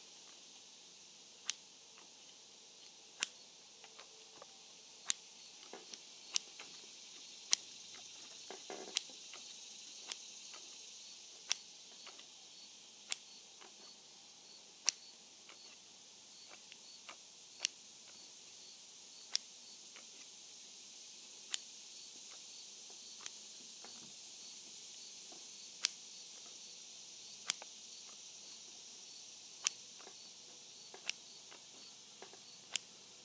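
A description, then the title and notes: Sharp scissor snips sound at a fairly regular pace, roughly every one to two seconds, over a steady high hiss. Cutting with Scissors.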